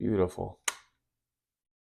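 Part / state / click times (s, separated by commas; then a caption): opening panel on a 1/18 scale diecast model car body / seated / 0.7 s. Someone talks, then an opening panel (door or hood) on a 1/18 scale diecast metal model of a 1970 Dodge Challenger "Street Fighter" is closed. It latches shut with one sharp click at 0.7 s and stays seated.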